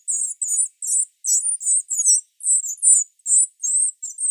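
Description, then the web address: Great tit nestling calls: high, slightly buzzy chirps repeated steadily two or three times a second, even in loudness. "Schulze Peter Great Tit nestling"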